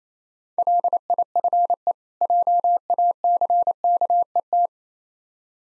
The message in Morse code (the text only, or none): LIFE JACKET